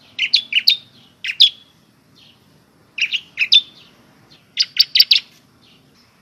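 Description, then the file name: Bar-winged prinia giving quick bursts of high, twittering chirps in several clusters separated by pauses. "suara burung ciblek semi"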